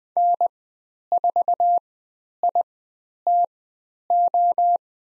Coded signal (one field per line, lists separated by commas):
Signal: Morse code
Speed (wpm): 20 wpm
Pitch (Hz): 700 Hz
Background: none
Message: N4ITO